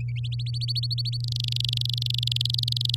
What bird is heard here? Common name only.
Domestic Canary